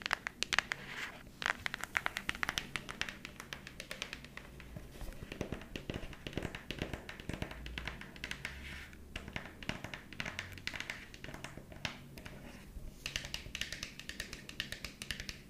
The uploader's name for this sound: Tapping ASMR